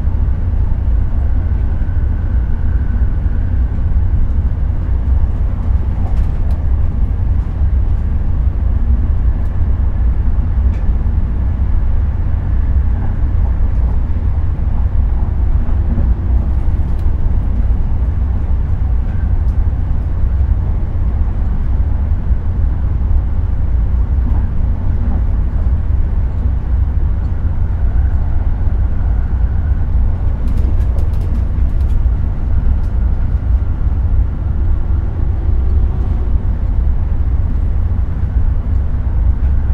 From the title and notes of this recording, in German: Schlafwagen nach Schottland | ASMR Zuggeräusche. Jedes subtile Quietschen und sanfte Rollen der komfortablen Wagen bietet eine beruhigende Melodie, während sie durch das mystische schottische Terrain gleiten. Vereint nahtlos die ruhigen Klänge entfernter Züge, das gedämpfte Rattern der Wagen und andere sanfte Zuggeräusche.